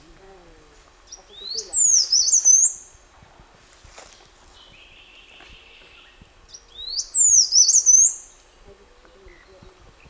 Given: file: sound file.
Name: Rote Leaf Warbler Song